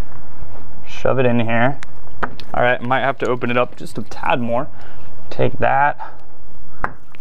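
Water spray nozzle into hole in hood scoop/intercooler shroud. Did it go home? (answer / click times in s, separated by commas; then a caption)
yes / 6.8 s. An intercooler water spray nozzle is twisted and pushed into a freshly enlarged hole in the hood scoop or intercooler shroud while someone talks. It pops in with a sharp click at 6.8 s and is seated.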